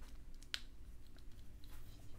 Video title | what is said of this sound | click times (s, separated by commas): THE ULTRA UNBOXING PROJECT: MAY THE 4TH BE WITH YOU! | I hear the snap. | 0.5 s